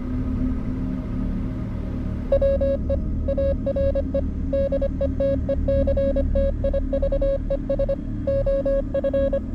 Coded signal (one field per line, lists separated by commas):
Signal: Morse code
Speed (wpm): 25 wpm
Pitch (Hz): 550 Hz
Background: none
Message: WE ARE DETECTIVES OF